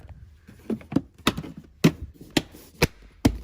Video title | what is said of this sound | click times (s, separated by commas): Adding Apple Carplay to my 2016 Audi A3 8V - Full Install Guide | you'll hear clicking. And there we go. Now we have the trim panel back in. | 1.3 s, 1.8 s, 2.4 s, 2.8 s, 3.2 s